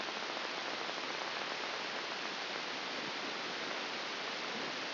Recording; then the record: brain microelectrode recording played as sound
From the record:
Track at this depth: inside the subthalamic nucleus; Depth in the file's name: 3.898 mm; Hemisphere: left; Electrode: 2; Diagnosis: Parkinson's disease